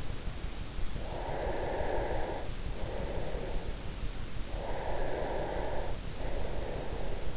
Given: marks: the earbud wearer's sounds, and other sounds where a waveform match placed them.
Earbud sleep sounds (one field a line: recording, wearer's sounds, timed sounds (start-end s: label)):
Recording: sounds in sleep by an in-ear microphone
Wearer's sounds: breath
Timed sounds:
0.96-3.80 s: breath
4.08-7.37 s: breath